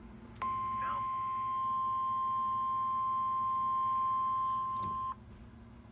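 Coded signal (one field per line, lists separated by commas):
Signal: Emergency Alert System (SAME) tones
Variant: 1050 Hz attention tone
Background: speech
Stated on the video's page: Real severe weather alerts from weather radio.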